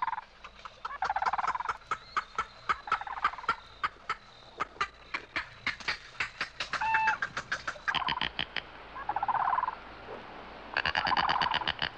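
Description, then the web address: Bird calls: rapid dry clicking rattles, harsh noisy bursts and a few short whistled notes, repeated unevenly throughout. "Звуки природы - птицы"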